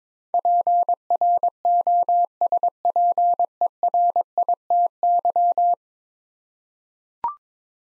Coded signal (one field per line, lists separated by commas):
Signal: Morse code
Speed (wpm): 22 wpm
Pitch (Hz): 700 Hz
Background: none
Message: PROSPERITY